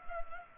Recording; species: mosquito wingbeat signal from an infrared sensor; Culex pipiens